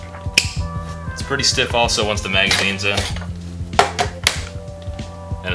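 A sharp latch click at 0.4 s, likely the magazine release freeing, over background music.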